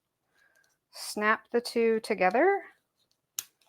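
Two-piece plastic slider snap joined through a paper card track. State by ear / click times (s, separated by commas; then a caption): seated / 3.4 s. Two halves of a plastic slider snap are pressed together through a die-cut paper card track while someone talks. A sharp click at 3.4 s marks the snap seating, joining the two halves so it can then slide along the track.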